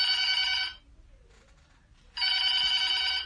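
A telephone bell rings in two loud bursts of rapid, shrill trilling, separated by a pause of about a second and a half of near silence.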